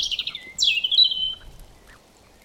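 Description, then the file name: European robin giving high, thin warbled phrases: a trilling descending run, then a sliding whistled note that trails off, with faint background hiss. "Erithacus rubecula"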